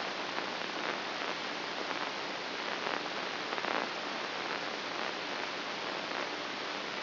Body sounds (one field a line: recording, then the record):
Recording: brain microelectrode recording played as sound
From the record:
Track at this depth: inside the subthalamic nucleus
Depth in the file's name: 2.921 mm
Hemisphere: right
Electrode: 2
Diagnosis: Parkinson's disease